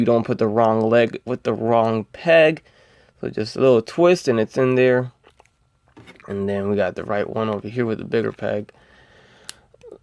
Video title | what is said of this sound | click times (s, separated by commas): Marvel Legends Absorbing Man Build A Figure Review Spider Man | that in there and it snaps. So there you go. | 9.5 s